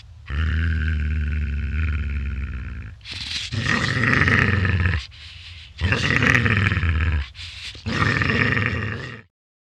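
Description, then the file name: Dog growling: a steady low rumbling growl for about three seconds, then three louder, harsher snarling bursts, each lasting more than a second, with short pauses between. "Digiffects Sound Effects Library - Dog Growling"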